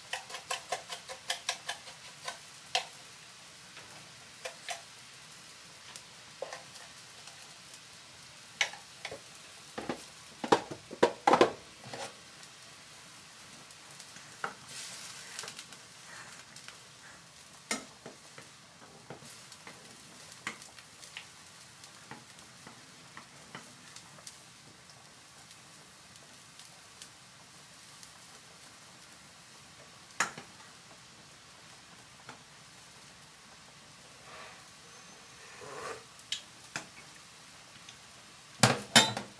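Food being prepared ahead for lunchboxes: a soft, steady sizzle of frying runs throughout, broken by frequent sharp clicks and clatters of utensils and pans. Louder knocks cluster around 10–15 seconds and again near the end.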